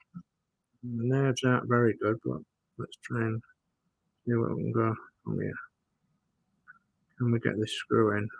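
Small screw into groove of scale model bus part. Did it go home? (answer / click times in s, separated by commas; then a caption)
no / none. A small screw is being handled at the groove of a part on a 1:12 scale model Routemaster bus as someone talks. Brief faint ticks come at about 0.2 and 6.7 seconds, but the screw has not yet seated or clicked into the groove.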